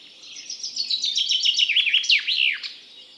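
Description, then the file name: Common chaffinch singing one bright phrase, a run of short notes falling in pitch, then a few emphatic swooping end notes. "Fringilla coelebs"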